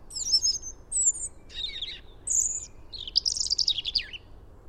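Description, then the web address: European robin with a rapid run of varied phrases: sweet high whistles, a slurred note, then a dense jangling trill that falls away at the end. "SETE data Erithacus rubecula"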